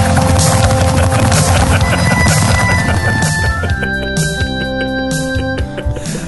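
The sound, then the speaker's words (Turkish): Hooves of wild horses passing through Michigan in this season clop past in a fast, steady rhythm, loud and continuous over a dense rumbling wash of sound, with no one speaking. “Biliyorsun Michigan'dan vahşi atlar geçer bu mevsimde.”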